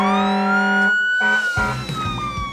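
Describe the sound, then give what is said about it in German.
The siren of Marshall's fire truck wails loudly, its steady rising-and-falling tone sounding continuously with rich harmonics, joined by rumbling engine noise in the second half. “Hey, Marshall, jetzt werden wir mal richtig laut. Wozu hatte der schließlich ein Feuerwehrauto?”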